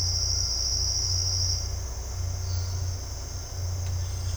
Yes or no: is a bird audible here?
no